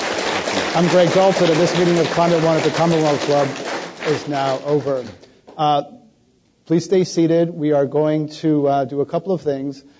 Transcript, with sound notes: I'm Greg Dalton. And this is a meeting of Climate One at the Commonwealth Club is now over.
[Applause]
Please stay seated. We are going to do a couple of things.